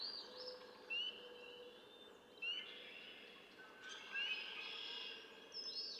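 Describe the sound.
Red-winged blackbird song: short upslurred whistles, then a harsh buzzy burst toward the end.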